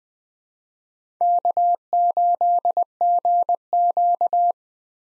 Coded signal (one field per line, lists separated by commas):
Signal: Morse code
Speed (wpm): 21 wpm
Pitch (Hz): 700 Hz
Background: none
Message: K8GQ